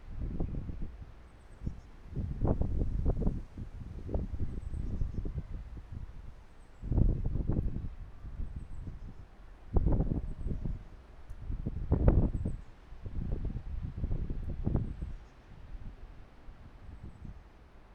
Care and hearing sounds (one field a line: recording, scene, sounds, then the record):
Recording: everyday scene through a hearing-aid microphone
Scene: wind on the microphone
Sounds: squally wind, voices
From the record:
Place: parking lot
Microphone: behind the ear, right, rear